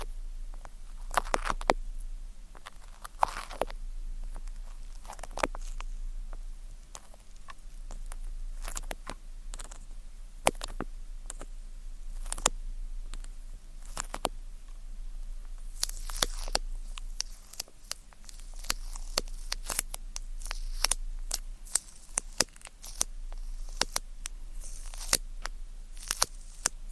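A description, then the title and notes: Sticky clicks and crackles from ear cleaning with tweezers come in irregular bursts throughout, sharp and bright against a quiet background with a faint low hum. After about fifteen seconds the snapping grows denser and brighter, with quick crackly flurries packed close together. Ear Cleaning. Tweezers. Sticky Sounds. (No Talking).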